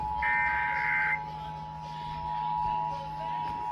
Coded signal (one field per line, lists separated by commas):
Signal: Emergency Alert System (SAME) tones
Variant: 853 and 960 Hz attention tone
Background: music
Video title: TEACHER WORK DAY IS TEST DAY… (5/7/25) EAS 1485-1491